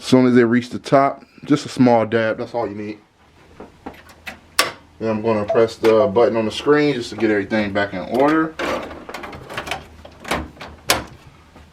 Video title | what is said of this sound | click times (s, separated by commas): How to embroidery on Brother BabyLock Venture Cap hoop (All That Logo) | Everything is snapped in place. | 10.9 s